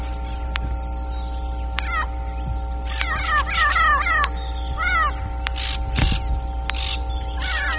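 Bird calls: a quick run of arched, harmonic notes rising and falling, bunched between the third and fifth seconds, over a steady electrical hum with sharp clicks.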